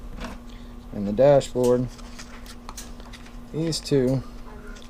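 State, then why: Not seated. A plastic seat piece and a plastic dashboard piece from the interior of a WPL C14KM RC truck body kit are handled and pressed toward each other while someone talks. Light scrapes and small handling knocks are heard around 2.7 to 3.0 seconds. The clip ends before the parts clip together, so nothing has seated or clicked yet.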